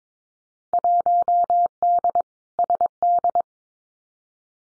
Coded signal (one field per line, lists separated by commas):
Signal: Morse code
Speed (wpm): 22 wpm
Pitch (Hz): 700 Hz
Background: none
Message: 1D SD